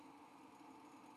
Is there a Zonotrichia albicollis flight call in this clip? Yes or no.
no